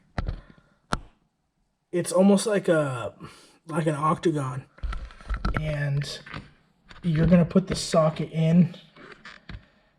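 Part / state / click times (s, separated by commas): socket onto a twist-lock socket organizer post / not seated / none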